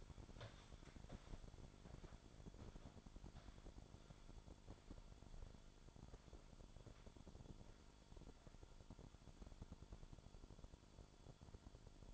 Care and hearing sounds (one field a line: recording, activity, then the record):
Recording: daily activity, microphone in the room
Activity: walk to room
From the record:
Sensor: 5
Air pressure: 1008.3 hPa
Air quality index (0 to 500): 126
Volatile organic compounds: 1 ppm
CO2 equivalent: 968 ppm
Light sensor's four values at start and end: 30/70/28/27 and 32/74/29/28